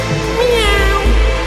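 A single drawn-out meow with a wavering, whiny pitch that rises and falls, heard on its own over a steady low rumble.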